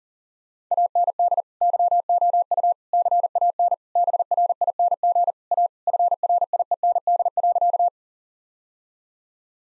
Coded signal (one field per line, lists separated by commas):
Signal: Morse code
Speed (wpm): 37 wpm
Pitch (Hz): 700 Hz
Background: none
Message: AND YOU CAN BRING A FRIEND.